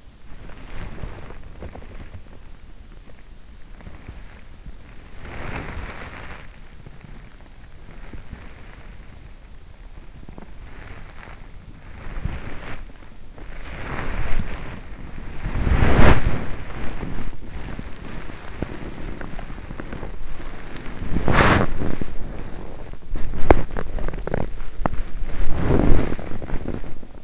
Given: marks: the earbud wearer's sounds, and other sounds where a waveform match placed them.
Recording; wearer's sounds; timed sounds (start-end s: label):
sounds in sleep by an in-ear microphone; body movement
0.00-2.74 s: body movement
4.99-6.99 s: body movement
7.99-8.99 s: body movement
9.99-11.52 s: body movement
11.99-12.99 s: body movement
13.53-27.24 s: body movement